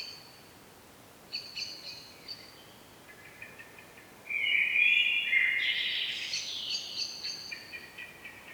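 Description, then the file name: Common blackbird giving a few soft stuttering notes, then a sudden loud, scratchy, wavering call that continues with lighter chatter. "Turdus merula"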